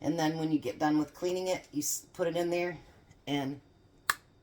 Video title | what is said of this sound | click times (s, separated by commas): Special request meatloaf #meatloaf #meatloafrecipe | you hear it snap | 4.1 s